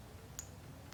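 A crimped terminal pin on the amp turn-on wire is pushed into pin 11 of a plastic head unit wiring-harness connector for an IS300, so the amp turn-on signal keeps working. It locks with a sharp little click at 0.4 s, followed by a fainter tick near 0.9 s over a low steady hum, and the pin is seated.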